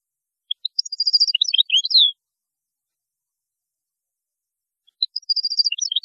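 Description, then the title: European goldfinch song, a dense tinkling phrase of rapid chirps and trills ending in a downslurred note, then silence before another phrase begins. "Chant Chardonneret"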